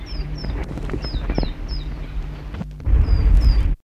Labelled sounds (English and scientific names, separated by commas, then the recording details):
Black-faced Waxbill (Estrilda erythronotos)
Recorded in the wild
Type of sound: call during take-off
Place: Südwestafrika
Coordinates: -23, 17
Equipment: Halbspur, 9,5 cm/s
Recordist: Lütgens, Hans
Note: Abflug aus Hand